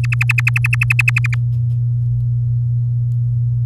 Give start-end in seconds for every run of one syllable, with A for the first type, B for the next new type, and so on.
0.04-1.35 A